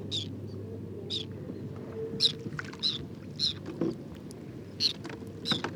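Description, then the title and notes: Whiskered tern calls, rasping notes repeated regularly, over a low hum and occasional knocks. Wintering flock of over two to three hundred birds picking insects from the water surface on a shallow lake with water lilies and lotus, Cambodia, 13 December 2018, 16:30; characteristic electric contact calls. "Observation sonore - Guifettes en hivernage - Cambodge. 13 décembre 2018-16h30. lac peu profond couvert de nénuphars et de lotus. Guifettes moustac (Chlidonias hybridus). Cris électriques de contact très caractéristiques"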